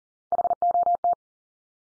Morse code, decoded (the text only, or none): HOT